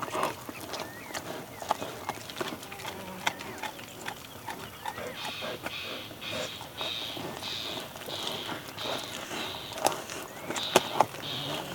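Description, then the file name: Cheetah chewing, with crisp crunching clicks and tearing sounds, then a series of repeated higher squeaky pulses in the later part. Cheetah eating and chewing, recorded close. "Digiffects Sound Effects Library - Close Cheetah Eating and Chewing"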